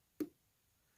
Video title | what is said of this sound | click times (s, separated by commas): How to Replace an LG Phone Screen - LG Optimus Exceed 2 | That one clicked right in perfectly. | 0.2 s